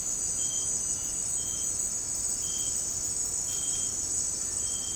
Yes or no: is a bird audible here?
no